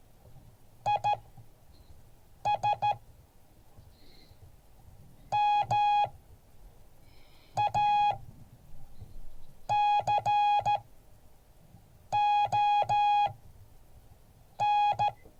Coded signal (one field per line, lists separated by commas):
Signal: Morse code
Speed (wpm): 14 wpm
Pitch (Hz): 830 Hz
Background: none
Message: IS MACON